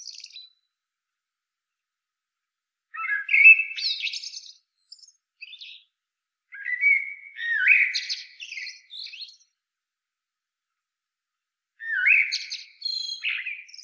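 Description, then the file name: Common blackbird song: three warbled phrases several seconds apart, each a low fluted opening followed by a thin, high, scratchy twitter, with silence between. "Turdus merula"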